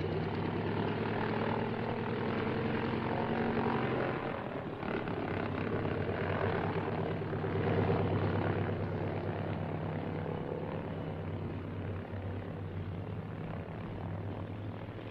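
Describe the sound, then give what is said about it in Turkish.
A propeller airplane engine drones steadily in flight to Rabat, a loud, continuous low hum with layered harmonic tones and a faint rise in intensity partway through, with no voices. “Adeta özel bir uçakla seyahat ediyoruz.”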